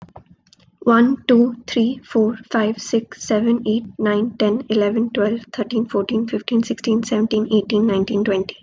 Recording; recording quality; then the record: counting at a fast pace; excellent, no background noise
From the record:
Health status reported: COVID-19 positive, mild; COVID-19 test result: positive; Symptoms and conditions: fatigue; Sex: female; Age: 24 years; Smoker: not ticked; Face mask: not worn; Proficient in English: yes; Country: India